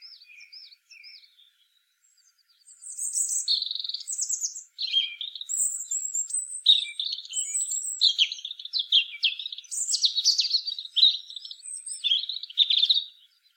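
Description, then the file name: European robin song: a few soft thin notes, then a rich, fast stream of trills, whistles and warbles switching pitch often until the end. "Erithacus rubecula"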